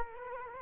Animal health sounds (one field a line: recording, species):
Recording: mosquito wingbeat signal from an infrared sensor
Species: Culex quinquefasciatus